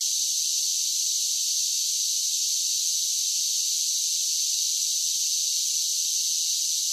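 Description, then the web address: Many cicadas buzzing together in one steady, high, hissing drone, constant in loudness from start to finish. Large groups of cicadas singing together. "Blast Wave Update 1 Cicadas Sing"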